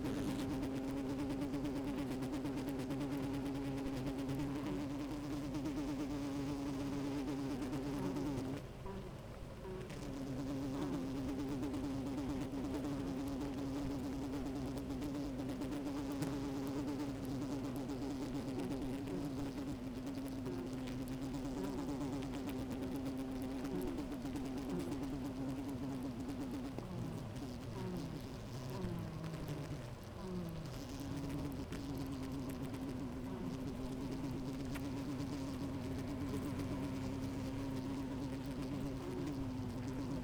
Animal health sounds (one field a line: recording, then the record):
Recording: honeybee colony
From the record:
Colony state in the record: active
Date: 28 July 2017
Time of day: 12:22